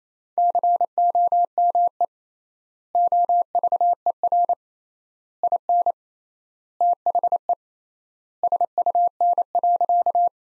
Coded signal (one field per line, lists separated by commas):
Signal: Morse code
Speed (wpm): 28 wpm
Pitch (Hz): 700 Hz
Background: none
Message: COME OVER IN THE SUN.